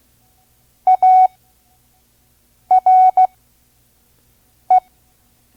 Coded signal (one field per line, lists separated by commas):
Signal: Morse code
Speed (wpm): 16 wpm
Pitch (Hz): 740 Hz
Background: none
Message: ARE